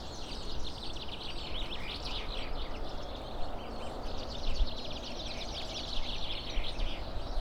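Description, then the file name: Bird chirps: dense, continuous high twittering in quick bursts against a heavy low-pitched rumble. "Faglar"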